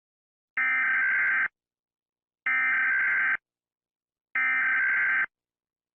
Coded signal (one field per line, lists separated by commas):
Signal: Emergency Alert System (SAME) tones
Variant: header bursts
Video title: EAS Scenario: One unfortunate soul